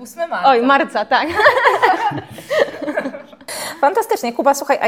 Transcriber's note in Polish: śmiech